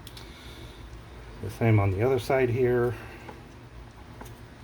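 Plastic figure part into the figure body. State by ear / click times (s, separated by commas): seated / 4.2 s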